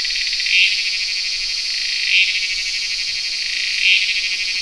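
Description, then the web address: Cicada song, a continuous high buzzing drone with a louder pulsing swell roughly every 1.7 seconds. In Asia. "asian cicadas"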